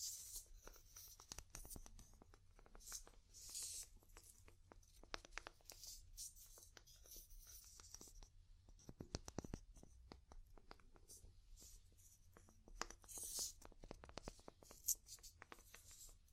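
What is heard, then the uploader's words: Wood tapping: dense, irregular clicks and scratchy taps run throughout, with bright hissing strokes at the top, like writing or scraping across the surface. A low steady hum sits underneath. Busier clusters of louder taps come near 9 and 13 seconds, with a sharp tick near 15. ASMR Calming Wood Tapping (No Talking).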